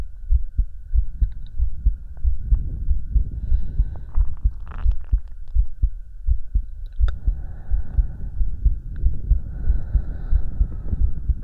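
A heartbeat thumps low and steady, pulsing roughly every half second across the whole stretch. A constant high hum runs along above it, with a few brief scrapes and clicks, notably a rustling burst near five seconds and a sharp tick around seven.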